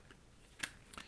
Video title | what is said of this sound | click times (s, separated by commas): Blu Studio 5.0 C HD Android phone review | put the battery back in so we can power it up and while we power it up as you can hear it click there we go we'll power it up | 0.6 s